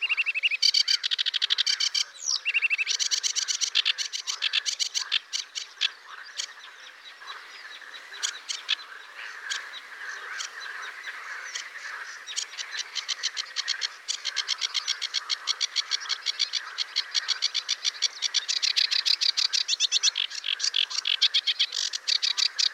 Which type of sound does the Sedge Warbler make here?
song